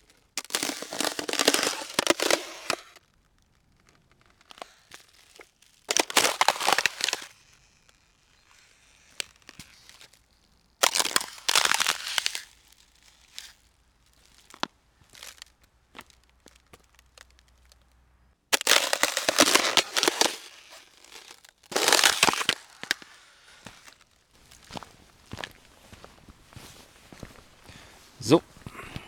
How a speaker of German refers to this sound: Ja, so hört sich das an. Wenn der dicke alte Mann in eine Pfütze tritt, auf der Eis liegt, wird mit Sicherheit mal wieder irgendeine Produktion geben, wo ich das mal brauchen kann.